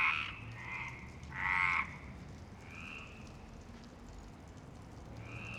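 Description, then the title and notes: Frog croaks, a few rasping pulsed calls early on, then fainter croaking. Frogs in Parc Longchamp, Marseille, Provence-Alpes-Côte d'Azur, France, 26 March 2011, 19:35; recorded with a MixPre-6 and Basic Ucho. "Marseille, Provence-Alpes-Côte d'Azur, France - 26_03_11_19_35 Longchamps_004 grenouilles. Grenouilles au parc de Longchamp"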